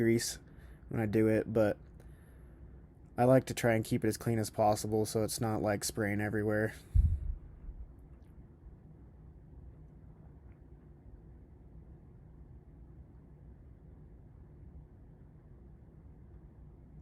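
A rubber CV boot is being worked over the CV joint housing of a Can-Am Maverick X3 Max UTV axle. Someone talks for the first seven seconds, a low thump follows near 7.0 s, and then only quiet background remains. The boot has not snapped onto the housing ridges yet, and nothing has seated or clicked.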